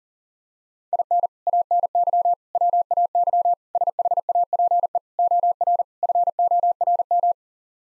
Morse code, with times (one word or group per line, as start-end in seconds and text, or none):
0.9-1.3 IN
1.5-2.3 ANY
2.5-3.5 WAY
3.8-5.0 SHAPE
5.2-5.8 OR
6.0-7.3 FORM